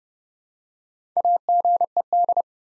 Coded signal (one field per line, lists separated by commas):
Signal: Morse code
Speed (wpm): 30 wpm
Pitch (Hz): 700 Hz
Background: none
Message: AGED